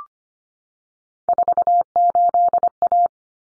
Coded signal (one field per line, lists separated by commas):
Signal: Morse code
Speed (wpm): 25 wpm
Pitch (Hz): 700 Hz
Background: none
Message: 48A